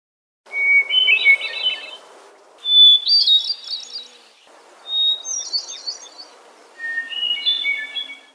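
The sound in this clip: Hermit thrush song, four phrases about two seconds apart, each a clear held whistle followed by a fluty, tumbling flourish, pitch shifting between phrases.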